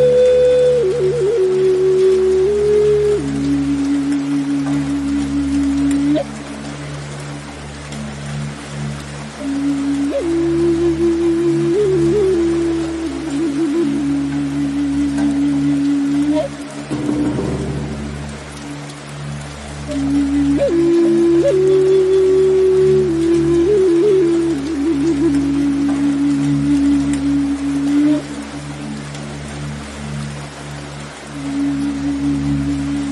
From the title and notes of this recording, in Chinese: 舒缓的睡眠音乐，雨声伴着美洲土著长笛。